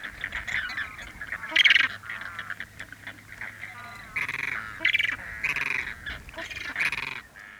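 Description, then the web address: Flamingos calling as a flock: nasal honks and gabbling notes from several birds in bursts, with a faint low hum. Flock in Chile, recorded in large perspective with light wind gusts. "Chile sound library by Faunethic. Flamingo birds in large perspective light wind gust"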